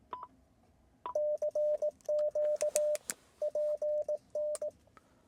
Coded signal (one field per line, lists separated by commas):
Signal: Morse code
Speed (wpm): 19 wpm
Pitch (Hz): 600 Hz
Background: radio noise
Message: CQ PN